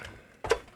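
The plastic folding stock of a JG Works G608-2 G36-type airsoft replica is lifted slightly and pulled open into its hinge lock. After a quiet stretch, a single sharp click sounds at about 0.5 s as the stock snaps into the open position and locks. Pressing the button again afterwards is advised so that it is fully engaged.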